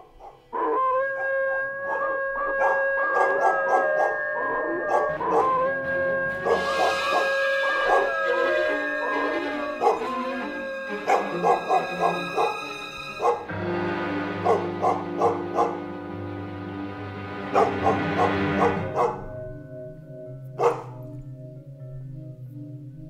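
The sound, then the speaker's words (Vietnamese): A pack of village dogs barks loudly and continuously amid the wind, overlapping yips and drawn-out howls rising and falling in pitch, with sharp bark bursts repeating throughout and a steady low rumble underneath. “Lẫn trong tiếng gió là tiếng của bầy chó ở trong làng cứ sủa lên ầm ầm, rồi nó chu lên kinh người.”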